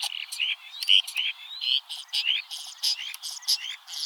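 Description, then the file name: Common starling song: a dense, rambling medley of slurred whistles, buzzy notes and sharp clicks, bursts coming several times a second without pause. "Stare"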